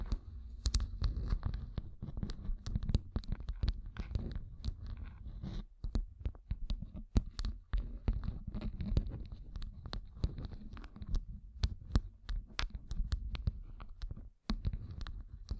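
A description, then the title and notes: Fingertips covered in gems tap and scratch in a rapid, irregular run of sharp clicks about three to six per second across the whole stretch. A low, steady rumble sits underneath, with brief near-silent gaps around six and fourteen seconds. ASMR Gem Covered Fingertips Tapping and Scratching (No Talking).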